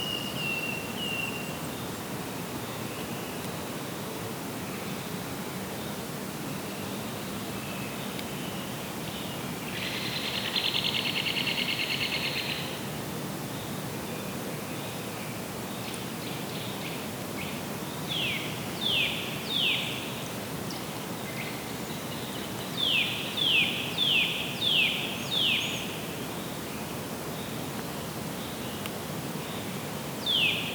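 Woodpeckers call in the distance over a steady outdoor hiss. From about 17 seconds, clusters of short, bright, falling notes come in quick runs, again near 23 to 26 seconds and once at the end. A brief rough buzzing sounds around 10 to 12 seconds.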